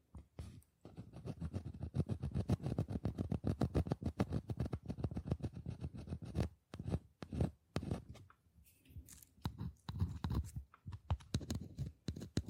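Rapid scratching on a hollow box, made of dense, quick strokes that run almost without a break from about one second to six. After that the scratching comes in shorter bursts with brief pauses, and a thin, bright scrape sounds near nine seconds.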